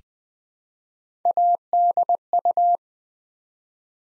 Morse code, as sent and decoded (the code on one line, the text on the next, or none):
.- -.. ..-
ADU